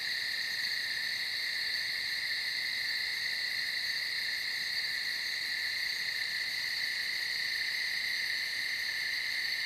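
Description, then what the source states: Crickets chirping in an unbroken chorus, a steady shrill trill that holds two high tones without pause for the whole stretch, over soft background hiss. Crickets recorded at night on a field.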